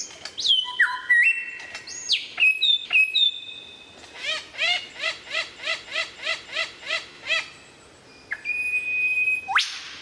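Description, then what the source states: Lyrebird song: varied whistles and sharp chips, then a long steady series of quick descending notes, closing with a high sweeping whistle. Song variations.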